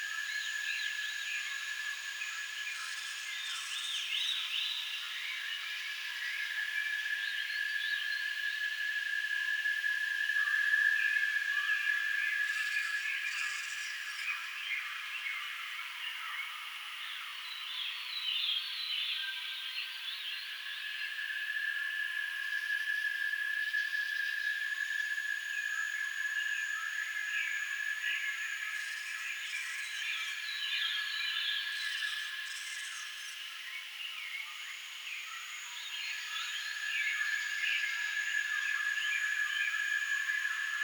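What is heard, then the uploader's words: Deep jungle ambience: a dense, constant insect drone with a steady high ringing tone, swelling and easing in slow waves, nothing low. Deep in the Jungle.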